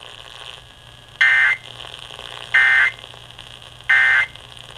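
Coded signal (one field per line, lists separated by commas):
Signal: Emergency Alert System (SAME) tones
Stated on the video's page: Amber Alert relayed by an FM radio station.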